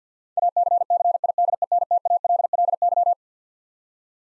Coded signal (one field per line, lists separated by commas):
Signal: Morse code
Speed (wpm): 45 wpm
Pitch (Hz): 700 Hz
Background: none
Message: ACCIDENTALLY